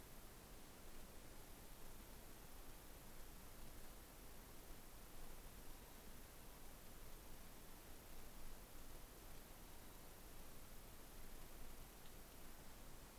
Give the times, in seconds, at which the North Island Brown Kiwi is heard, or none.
none